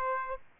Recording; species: mosquito wingbeat signal from an infrared sensor; Aedes aegypti